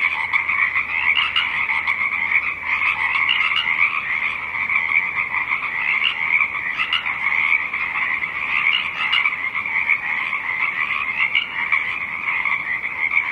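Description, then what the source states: Pacific chorus frogs calling in a dense overlapping chorus of rapid raspy croaks, continuous throughout with no other clear sounds. The song of Pacific chorus frogs rising, played on a radio broadcast.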